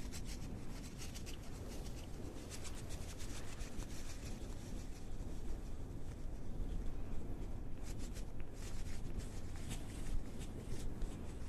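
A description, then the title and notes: Steady brushing across a face, a dense soft scratching with quick bristly strokes that brighten slightly after the midpoint. Relaxing Face Brushing, Massage (No Talking ASMR).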